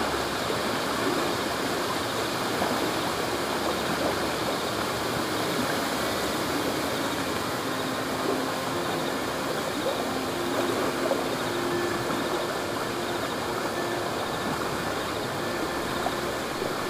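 River water rushes steadily throughout, a dense, even wash spread from low rumble to bright hiss. Faint thin tones drift in and out above it, most noticeable between about eight and sixteen seconds, with a few soft higher notes scattered across.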